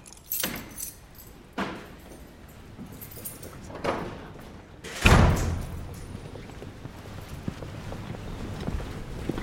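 A heavy cathedral door on the Île de la Cité is opened in the early morning. Keys rattle and several metallic clunks build to one loud bang of the latch, followed by a low lingering rumble and a steady faint hum.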